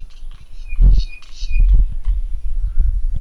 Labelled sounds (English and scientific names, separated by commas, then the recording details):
Pygmy Batis (Batis perkeo)
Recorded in northern Uganda